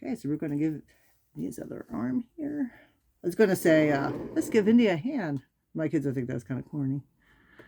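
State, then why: Not seated. Someone talks while handling the plastic/polystone arm of an Iron Studios Indiana Jones Deluxe collectible statue, getting it ready to push into the figure's shoulder socket. No click or snap is heard, and the arm has not seated yet.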